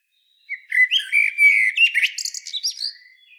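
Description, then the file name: Common blackbird delivering one song phrase: rich fluted warbling notes that break into a rapid, high-pitched scratchy twitter before fading. "Turdus merula"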